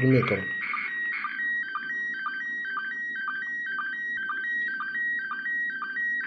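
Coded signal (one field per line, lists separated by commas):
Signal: SSTV (slow-scan television)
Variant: PD 120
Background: speech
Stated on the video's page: SSTV images from the ISS received on a smartphone.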